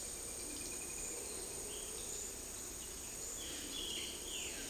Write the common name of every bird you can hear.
unidentified bird, Violaceous Jay